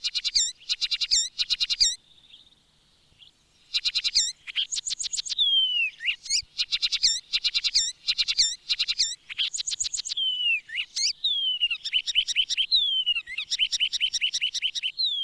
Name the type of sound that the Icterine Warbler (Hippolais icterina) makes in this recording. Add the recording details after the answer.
song. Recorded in the wild. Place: Montreux, Kanton Waadt, CH. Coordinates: 46.4586, 6.49. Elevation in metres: 1154. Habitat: mountains. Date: 1986-05-22. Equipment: Uher 4000 Report, Sennheiser MKH 815 T. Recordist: Tretzel, Erwin